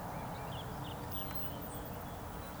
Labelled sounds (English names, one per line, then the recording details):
Eurasian Woodcock whistle
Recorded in Baden-Württemberg, Germany, on 3 June 2021 at 19:16 UTC
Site 45499, 200 m above sea level